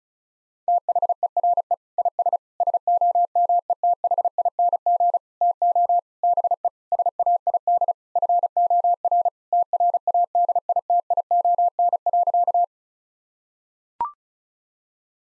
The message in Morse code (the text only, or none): THERE IS SOMETHING TO BE SAID FOR TRADITION.